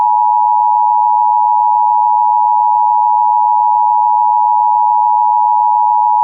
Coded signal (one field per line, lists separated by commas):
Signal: Emergency Alert System (SAME) tones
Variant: 853 and 960 Hz attention tone